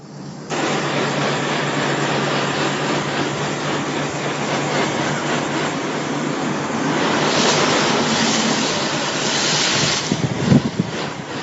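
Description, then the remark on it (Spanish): In Japan, early on a summer morning, a steady, hissing rush of water sprays from a garden hose, starting abruptly and running continuously, swelling slightly in intensity toward the end, with no voices. “Se trata del sonido del agua saliendo de una manguera.”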